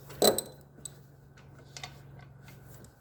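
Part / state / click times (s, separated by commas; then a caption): spark plug boot onto spark plug / not seated / none. A rubber spark plug boot is handled at the newly installed spark plug of a 2010 Sportsman 500 HO ATV engine during an oil and spark plug change. Bright metallic clinks and rattles sound at about 0.3 and 0.4 seconds, a small tick follows at 0.9 seconds, and faint rustling continues over a low steady hum. Nothing has seated or snapped onto the plug yet.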